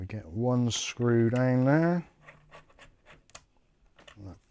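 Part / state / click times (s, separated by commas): mounting screw into threaded standoff in a PC build / not seated / none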